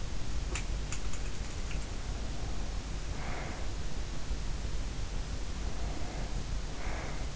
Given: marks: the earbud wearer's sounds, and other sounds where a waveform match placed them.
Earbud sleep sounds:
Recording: sounds in sleep by an in-ear microphone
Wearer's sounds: breath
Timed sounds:
0.29-3.68 s: sound from someone else or the room
1.81-3.68 s: breath
5.59-7.36 s: breath

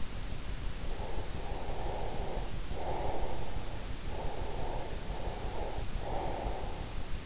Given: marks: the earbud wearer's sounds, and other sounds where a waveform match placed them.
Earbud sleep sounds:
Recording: sounds in sleep by an in-ear microphone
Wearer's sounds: breath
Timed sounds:
0.29-7.26 s: breath

